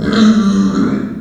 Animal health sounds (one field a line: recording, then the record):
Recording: squeal of a Yucatan mini pig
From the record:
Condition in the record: after surgery on the right vocal fold (resection and tissue-engineered implant)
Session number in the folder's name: 7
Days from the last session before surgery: 47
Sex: female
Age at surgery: 19 weeks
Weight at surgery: 25 kg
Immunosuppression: prednisolone